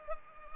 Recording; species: mosquito wingbeat signal from an infrared sensor; Culex pipiens